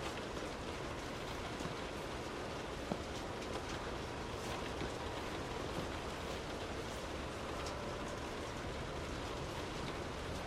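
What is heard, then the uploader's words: Rain heard from inside a car makes a dense, steady hiss and patter across the full ten seconds, with a low rumble underneath. Brief brighter ticks of drops stand out now and then, and a single sharp click lands near the three-second mark. Inside a Car in the Rain.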